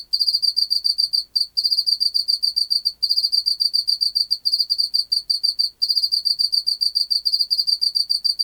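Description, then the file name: Pacific field cricket song, rapidly repeated high chirp pulses in bursts with occasional brief breaks. "Teleogryllus oceanicus"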